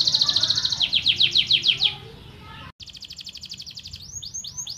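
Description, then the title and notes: Canary with a bright fast trill that fades, an abrupt cut, then another rapid trill ending in a few swooping whistles. Canary master (masteran) song, described as solid (mantap). "Suara Burung Kenari Masteran. master suara burung kenari mantap"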